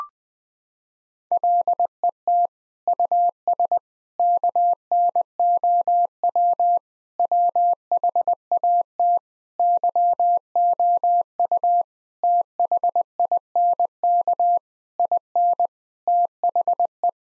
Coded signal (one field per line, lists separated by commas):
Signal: Morse code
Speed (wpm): 20 wpm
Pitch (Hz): 700 Hz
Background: none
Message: LET US KNOW WHAT YOU THINK IN THE